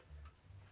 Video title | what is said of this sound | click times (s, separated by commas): How to build a ethereum mining rig (PART 1) | So you've got to push till the click. | 0.3 s